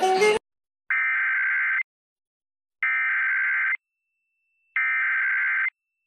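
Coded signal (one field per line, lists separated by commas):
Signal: Emergency Alert System (SAME) tones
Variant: header bursts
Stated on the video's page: Child abduction alert relayed across ERN/CAP, FM, TV, HD radio, AM and NOAA Weather Radio on 162.550 and 162.425 MHz.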